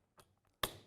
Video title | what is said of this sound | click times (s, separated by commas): X LOCK Thats how simple the system is | hear an audible click which means that the tool is securely anchored now | 0.6 s